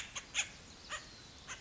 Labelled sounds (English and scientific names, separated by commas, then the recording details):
House Finch (Haemorhous mexicanus)
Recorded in Sonoma County, California